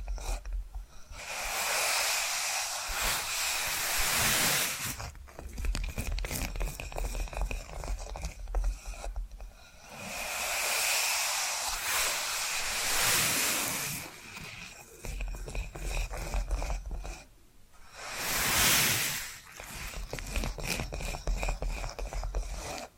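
Tapping and scratching sounds, with long bright scraping passages around 1–5, 10–13 and 18–19 seconds that swell and fade like slow rubbing. Between them come quieter stretches of dense, irregular tapping and small clicks, close to the microphone over a faint low hum.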